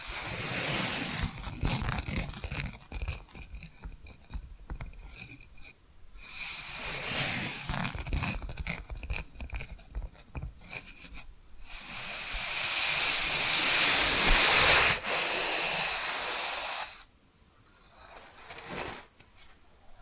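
Tapping and scratching sounds come in bursts, with rubbing, scraping textures broken by short pauses near 6, 11 and 17 seconds. From about 12 to 15 seconds a loud, bright hissing scratch builds and dominates, then cuts off. A softer scratchy patch returns near the end.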